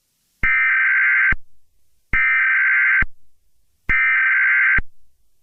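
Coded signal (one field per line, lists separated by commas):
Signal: Emergency Alert System (SAME) tones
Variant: header bursts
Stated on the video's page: Fictional parody EAS scenario using valid EAS tones.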